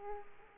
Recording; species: mosquito wingbeat signal from an infrared sensor; Aedes aegypti